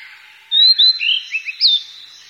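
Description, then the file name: Blue-and-white flycatcher song, a short phrase of clear high whistles followed by lower slurred notes, ending on a bright downslurred whistle. "ooruri"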